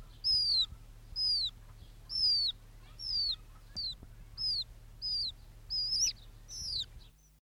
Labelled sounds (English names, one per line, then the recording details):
Golden Pheasant call
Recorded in the wild
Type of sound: call
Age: immature
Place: Laatzen, Niedersachsen, DE
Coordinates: 52.3089, 9.8081
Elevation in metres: 63
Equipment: Halbspur, 9,5 cm/s
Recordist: Lütgens, Hans
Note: 14-tägiges Junges in Hand